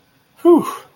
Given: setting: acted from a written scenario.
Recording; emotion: vocal sound without words; relief